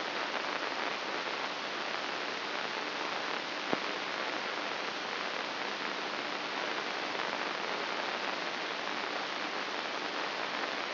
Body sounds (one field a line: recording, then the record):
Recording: brain microelectrode recording played as sound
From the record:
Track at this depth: inside the subthalamic nucleus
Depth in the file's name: 3.42 mm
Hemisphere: left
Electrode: 2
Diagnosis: Parkinson's disease